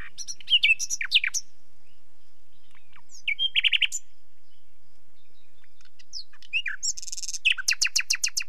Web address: The BBC Sound Effects Library - Complete 60 CDs Collection Sound Effects Library (British Birds) Nightingale